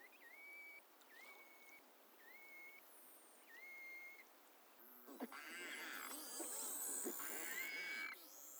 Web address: BELUGA sound